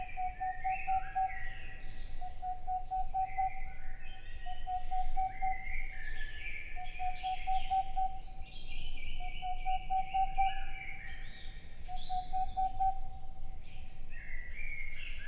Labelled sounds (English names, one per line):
Boreal Owl